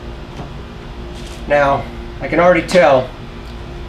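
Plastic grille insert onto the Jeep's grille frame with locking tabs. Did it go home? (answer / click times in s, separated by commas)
no / none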